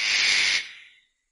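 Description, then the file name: Eclectus parrot uttering a single short, hoarse screech that trails off quickly into silence. "Canto do papagaio ecletus"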